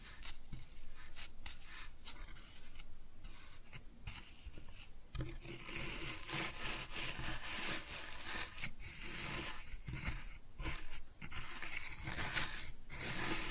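Kinetic sand being cut and scooped, with soft gritty scraping and rubbing sounds that come in short strokes every second or so. The first five seconds are quieter and sparser; after that the strokes turn brighter, hissier and more continuous through to the end.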